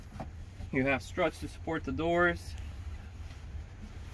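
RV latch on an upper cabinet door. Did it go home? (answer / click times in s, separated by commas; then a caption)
yes / 0.2 s. An RV push latch on an upper cabinet door in a 2020 Mercedes Sprinter campervan clicks shut at 0.2 s as the door is closed, locking it in place for travel. Someone then talks over a low background rumble.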